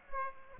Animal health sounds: mosquito wingbeat signal from an infrared sensor; Aedes aegypti

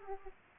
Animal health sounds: mosquito wingbeat signal from an infrared sensor; Aedes aegypti

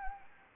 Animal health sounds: mosquito wingbeat signal from an infrared sensor; Anopheles gambiae

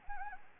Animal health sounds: mosquito wingbeat signal from an infrared sensor; Anopheles gambiae

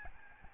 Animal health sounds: mosquito wingbeat signal from an infrared sensor; Aedes albopictus

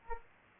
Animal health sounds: mosquito wingbeat signal from an infrared sensor; Aedes aegypti

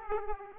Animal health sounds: mosquito wingbeat signal from an infrared sensor; Aedes aegypti

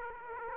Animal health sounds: mosquito wingbeat signal from an infrared sensor; Aedes aegypti

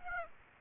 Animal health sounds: mosquito wingbeat signal from an infrared sensor; Aedes aegypti

